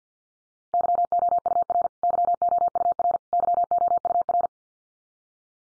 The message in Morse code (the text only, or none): YOUR YOUR YOUR